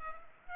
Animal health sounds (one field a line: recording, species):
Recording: mosquito wingbeat signal from an infrared sensor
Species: Culex pipiens